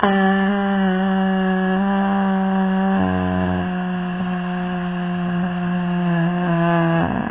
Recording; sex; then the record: sustained vowel /a/; female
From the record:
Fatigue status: fatigue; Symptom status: symptomatic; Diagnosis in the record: COVID-19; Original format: 3gp